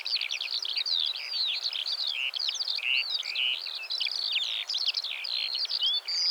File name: Eurasian Skylark Alauda arvensis